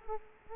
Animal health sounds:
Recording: mosquito wingbeat signal from an infrared sensor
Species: Culex quinquefasciatus

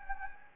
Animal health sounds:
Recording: mosquito wingbeat signal from an infrared sensor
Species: Anopheles gambiae

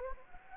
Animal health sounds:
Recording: mosquito wingbeat signal from an infrared sensor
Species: Anopheles gambiae

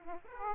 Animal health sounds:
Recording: mosquito wingbeat signal from an infrared sensor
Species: Aedes aegypti

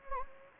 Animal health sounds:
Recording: mosquito wingbeat signal from an infrared sensor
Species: Anopheles gambiae

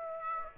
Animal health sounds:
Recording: mosquito wingbeat signal from an infrared sensor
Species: Aedes aegypti

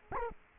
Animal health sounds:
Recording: mosquito wingbeat signal from an infrared sensor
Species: Culex quinquefasciatus

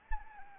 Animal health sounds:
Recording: mosquito wingbeat signal from an infrared sensor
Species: Anopheles arabiensis

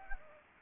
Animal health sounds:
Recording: mosquito wingbeat signal from an infrared sensor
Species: Anopheles gambiae

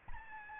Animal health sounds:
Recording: mosquito wingbeat signal from an infrared sensor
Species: Aedes albopictus

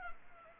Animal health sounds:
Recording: mosquito wingbeat signal from an infrared sensor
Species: Culex pipiens

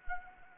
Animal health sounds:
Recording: mosquito wingbeat signal from an infrared sensor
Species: Anopheles arabiensis

